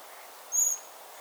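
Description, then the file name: Eurasian blackbird giving a single thin, very high drawn-out note, lasting about a quarter second, against a faint steady hiss. "Turdus merula"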